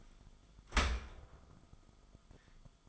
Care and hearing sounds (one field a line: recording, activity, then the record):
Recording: daily activity, microphone in the room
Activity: open dishwasher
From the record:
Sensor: 5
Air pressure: 1004.7 hPa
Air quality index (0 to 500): 94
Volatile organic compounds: 2 ppm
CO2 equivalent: 1141 ppm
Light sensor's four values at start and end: 33/76/31/30 and 33/76/31/30